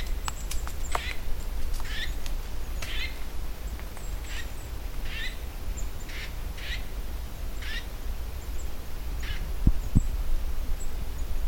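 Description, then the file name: Eurasian nuthatch calls: short, nasal notes repeated roughly once a second, with a few sharp clicks early on and two near the end, over a steady low rumble. "Sitta europaea"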